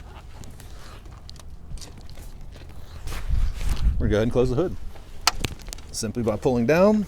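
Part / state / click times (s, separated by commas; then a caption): truck hood into its latch / not seated / none. A truck's tilt hood is pulled down toward its latch while someone talks, with low rumbling movement around 3 to 4 seconds and sharp knocks near 5.3 seconds. The clip ends before the hood goes home, so nothing has seated or latched yet.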